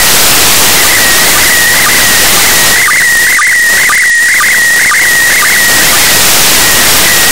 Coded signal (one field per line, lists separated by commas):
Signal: SSTV (slow-scan television)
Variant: PD 120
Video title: 04.08.2019 13:37UTC, ISS SSTV online capture, local loop2, 145.800MHz